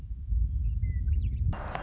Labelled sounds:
Western Meadowlark (Sturnella neglecta)
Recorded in Sonoma County, California

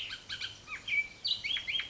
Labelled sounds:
Bullock's Oriole (Icterus bullockii)
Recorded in Sonoma County, California

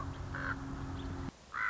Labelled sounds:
Common Raven (Corvus corax)
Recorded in Sonoma County, California

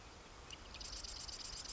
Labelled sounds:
Marsh Wren (Cistothorus palustris)
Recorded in Sonoma County, California

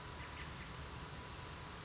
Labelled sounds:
Western Flycatcher (Empidonax difficilis)
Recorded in Sonoma County, California

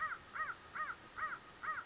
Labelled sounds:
American Crow (Corvus brachyrhynchos)
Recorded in Sonoma County, California

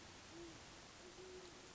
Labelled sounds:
Great Horned Owl (Bubo virginianus)
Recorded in Sonoma County, California

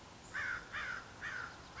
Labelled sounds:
American Crow (Corvus brachyrhynchos)
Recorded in Sonoma County, California

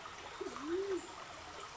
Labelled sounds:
Band-tailed Pigeon (Patagioenas fasciata)
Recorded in Sonoma County, California

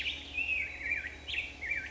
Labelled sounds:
Black-headed Grosbeak (Pheucticus melanocephalus)
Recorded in Sonoma County, California

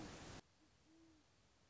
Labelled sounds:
Great Horned Owl (Bubo virginianus)
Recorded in Sonoma County, California

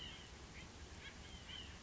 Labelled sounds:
White-breasted Nuthatch (Sitta carolinensis)
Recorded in Sonoma County, California

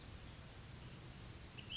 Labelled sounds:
Ash-throated Flycatcher (Myiarchus cinerascens)
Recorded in Sonoma County, California

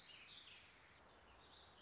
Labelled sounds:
Warbling Vireo (Vireo gilvus)
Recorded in Sonoma County, California

